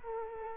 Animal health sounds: mosquito wingbeat signal from an infrared sensor; Culex quinquefasciatus

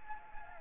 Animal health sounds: mosquito wingbeat signal from an infrared sensor; Anopheles gambiae

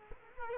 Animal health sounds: mosquito wingbeat signal from an infrared sensor; Culex quinquefasciatus

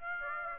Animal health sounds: mosquito wingbeat signal from an infrared sensor; Aedes aegypti

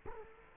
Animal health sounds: mosquito wingbeat signal from an infrared sensor; Culex quinquefasciatus

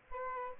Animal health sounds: mosquito wingbeat signal from an infrared sensor; Aedes albopictus

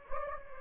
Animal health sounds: mosquito wingbeat signal from an infrared sensor; Anopheles gambiae

